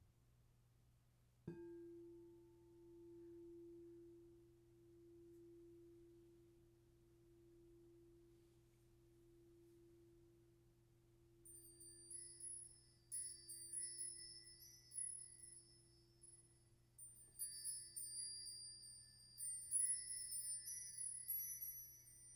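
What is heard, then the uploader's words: A sound bath opens with a soft strike at about one and a half seconds, leaving a pure, steady mid tone that hums on with a slow swell over a low drone. From around eleven seconds, bright tinkling chimes ring out in quick, overlapping clusters above it. Sound Bath Soothe Session.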